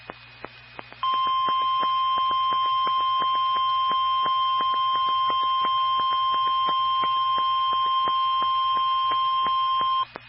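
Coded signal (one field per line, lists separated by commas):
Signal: Emergency Alert System (SAME) tones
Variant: 1050 Hz attention tone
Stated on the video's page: Severe Thunderstorm Warning EAS tones from a NOAA weather radio transmitter in Ohio.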